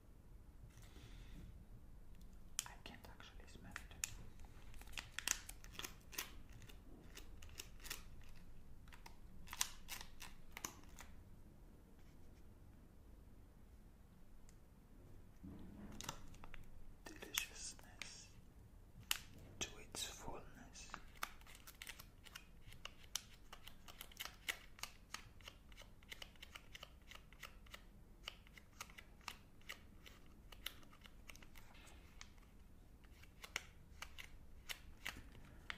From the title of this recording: Unwrapping and Eating Magnum Chocolate